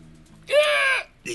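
A parrot lets out a loud, harsh squawk lasting about half a second, then a shorter, rasping squawk follows after a brief pause.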